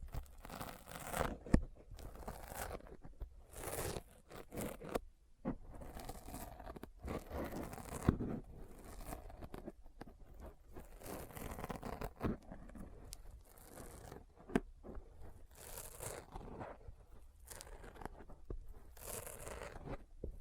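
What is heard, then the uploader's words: Sticky finger sounds: a busy, irregular stream of tacky peeling and crackling, like skin pulling away from a gummy surface. Sharp snaps cut through at around 1.5, 8, 12 and 14.5 seconds, with brief quiet gaps between bursts, notably near 5 seconds. ASMR Intense Sticky Finger Sounds (No Talking).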